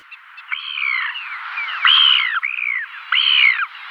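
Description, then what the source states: Ivory Gull calls: a series of high, arched, downslurred screeching notes, some overlapping, with no other clear sounds. Rarely recorded species of very cold Arctic regions; monogamous, nests on coastal gravel beaches and cliff ledges, sometimes further inland, in comparatively small, loose colonies.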